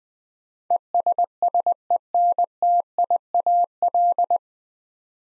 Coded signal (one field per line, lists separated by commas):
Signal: Morse code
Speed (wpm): 20 wpm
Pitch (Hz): 700 Hz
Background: none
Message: ESSENTIAL